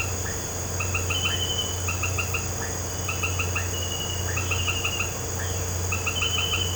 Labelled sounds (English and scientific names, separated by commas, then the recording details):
none
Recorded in pastures near Puerto Asís, Putumayo, Colombia, on 13 March 2025 at 18:00
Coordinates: 0.466, -76.322
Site CSA-02